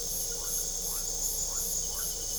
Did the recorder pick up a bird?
no